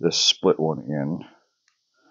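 Someone talks while handling a split seal ring that is about to go into the groove of a hydraulic cylinder part on a Case 580 Super E backhoe swing cylinder. The talk gives way to near silence with one faint tick at 1.7 s. Nothing has seated or clicked yet.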